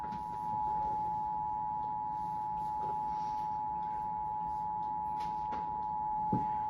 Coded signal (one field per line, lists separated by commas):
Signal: Emergency Alert System (SAME) tones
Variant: 853 and 960 Hz attention tone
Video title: EAS #51 - PDS Tornado Warning!